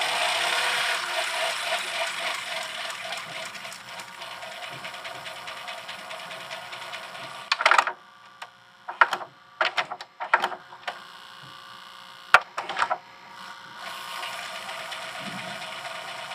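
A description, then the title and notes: A VCR runs with a dense, steady whirring hiss and faint humming tones for the first seven seconds. Around the middle the sound drops away into near silence, broken by a string of mechanical clicks and short clattering bursts, before the steady whir returns near the end. VCR Playback.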